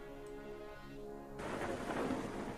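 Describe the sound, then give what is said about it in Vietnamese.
A steady tonal hum gives way after about a second to a sudden, loud wash of heavy summer rain pouring down, with a rumble of thunder, continuing without any voices. “Mưa rông như thế này chắc là cũng nhanh tạnh thôi.”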